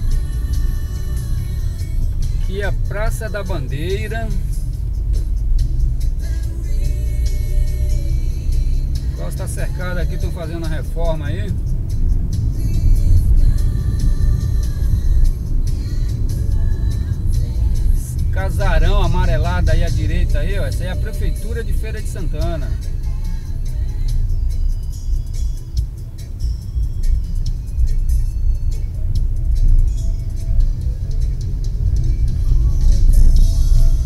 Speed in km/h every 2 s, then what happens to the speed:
22, 20, 24, 28, 33, 38, 42, 39, 34, 30, 23, 21, 18, 17, 17, 22, 27.
3-12 speeds up to 42. 12-24 slows to 18. 28-34 speeds up to 27.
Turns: 0-3.